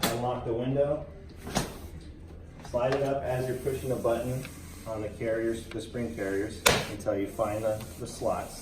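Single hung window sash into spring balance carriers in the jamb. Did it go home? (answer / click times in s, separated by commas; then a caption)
no / none. A single hung window sash is handled at the spring balance carriers in the window jamb, which are turned until the slots line up so the sash can snap into the carrier holes. Someone talks throughout, with a few sharp knocks around 1.6 s and 6.7 s. Nothing has seated or clicked yet.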